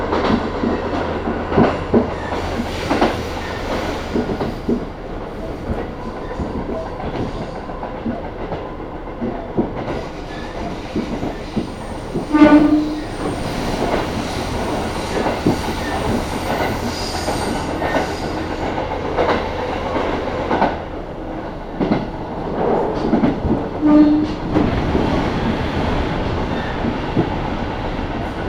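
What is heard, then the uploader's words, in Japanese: Steady rumble and rhythmic clatter inside a moving local train, with a low hum and brief squeaks near 12 and 24 seconds. 日田から久大本線の久留米行きに乗り換えます。キハ200+220の2両編成。既に学校帰りの学生でだいぶ席が埋まっていますがロングシート主体なので大丈夫でした。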